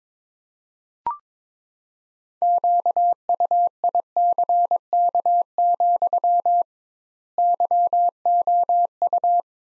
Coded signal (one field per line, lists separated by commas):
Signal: Morse code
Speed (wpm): 22 wpm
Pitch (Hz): 700 Hz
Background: none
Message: QUICK, YOU